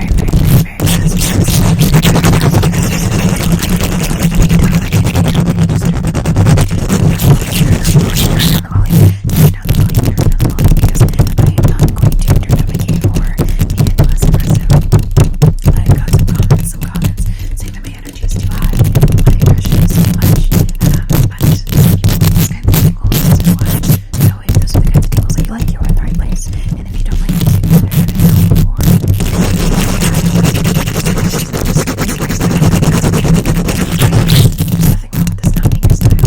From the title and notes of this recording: ASMR Mic Scratching & Tapping, Fast and Aggressive, for Sleep, mic triggers, rubbing, long nails.